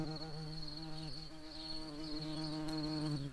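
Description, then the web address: Common carder bee buzzing, a steady low hum with rich overtones that wavers slightly in pitch and holds almost unbroken throughout. Queens. "bumblebees Pascuorum-queens"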